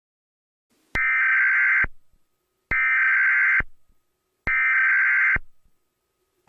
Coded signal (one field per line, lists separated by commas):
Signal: Emergency Alert System (SAME) tones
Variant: header bursts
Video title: EAS Scenario #10 - The Eclipse (200 Subscribers)